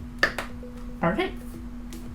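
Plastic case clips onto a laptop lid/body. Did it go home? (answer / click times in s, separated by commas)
yes / 0.2 s, 0.4 s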